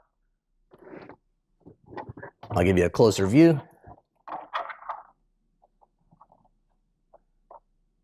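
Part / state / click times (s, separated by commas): SIM card into SIM extender slot / not seated / none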